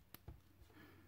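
A vinyl collectible figure is fitted onto its plastic display stand, with the big peg going into the big hole and the small peg into the small hole. A single short, sharp click is heard at 0.1 s, followed by a couple of soft low thuds. The figure snaps into place and is seated on the stand.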